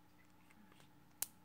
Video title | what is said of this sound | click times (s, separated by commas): Splurge Vape - Strawberry Vanilla | we will get to vaping so with that if you listen you should hear a pop when the security ring snaps right | 1.2 s